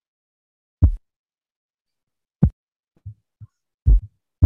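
Slowed simulated heart sounds: two loud, low thuds in each cycle, with a soft, dull, low-pitched extra sound shortly after the second. This is a third heart sound (S3) in early diastole. It can be normal in young people, athletes and pregnancy, but it can also signal heart failure.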